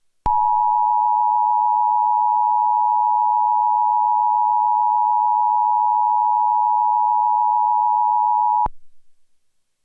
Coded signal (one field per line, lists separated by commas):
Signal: Emergency Alert System (SAME) tones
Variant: 853 and 960 Hz attention tone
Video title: Tornado Warning EAS - May 21, 2011 | Anoka County, Minnesota